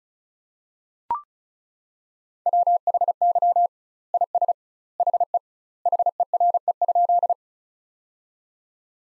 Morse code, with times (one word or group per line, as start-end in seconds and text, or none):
2.5-3.7 WHY
4.1-4.5 IS
5.0-5.4 HE
5.9-7.3 HERE?